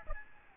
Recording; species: mosquito wingbeat signal from an infrared sensor; Aedes albopictus